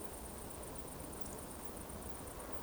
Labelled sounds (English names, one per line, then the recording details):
Eurasian Woodcock whistle
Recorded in Baden-Württemberg, Germany, on 23 June 2020 at 20:21 UTC
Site 14569, 102 m above sea level